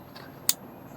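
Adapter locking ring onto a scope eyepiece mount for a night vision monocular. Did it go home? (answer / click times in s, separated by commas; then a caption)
yes / 0.5 s. An adapter locking ring for a Wildguarder NR1 night vision monocular is put onto a scope eyepiece mount and snaps into place with a single sharp click at 0.5 s. The ring is seated, against faint low background noise.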